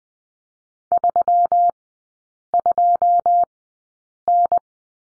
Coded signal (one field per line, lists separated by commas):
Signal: Morse code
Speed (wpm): 20 wpm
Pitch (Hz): 700 Hz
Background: none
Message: 32N